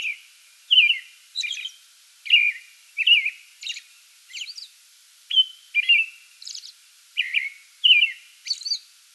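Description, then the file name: American robin singing a continuous bout of warbled, slurred phrases alternating with high, thin screechy notes, no other clear sounds. Song bout recorded 8 May 2022. "2022-05-08 American Robin song bout"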